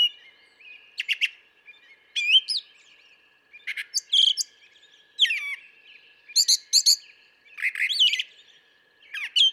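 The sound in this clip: Brown thrasher delivering rich, varied song phrases, many repeated twice in succession: clicky chips, slurred whistles and buzzy notes in a steady, continuous sequence.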